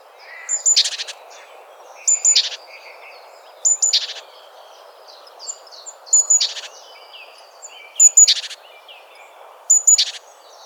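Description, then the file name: Great tit calling: short piercing high notes joined to rasping buzzy bursts, about six repeats at irregular intervals, with faint twittering in between. "Parus major"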